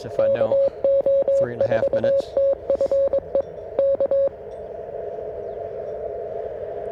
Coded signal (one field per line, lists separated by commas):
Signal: Morse code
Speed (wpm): 23 wpm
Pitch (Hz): 550 Hz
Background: speech, music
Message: KO4TFE K